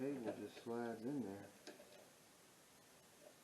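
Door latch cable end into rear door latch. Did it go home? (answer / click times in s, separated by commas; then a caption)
yes / 1.7 s. A repaired rear door/tailgate latch cable end with an aluminum sleeve, from a 2000–2013 Ford F-150/F-250/F-350/E-350, is pushed into the plastic latch receptacle while someone talks. A short, sharp snap at 1.7 s marks the cable end seating tightly in the door latch, followed by quiet.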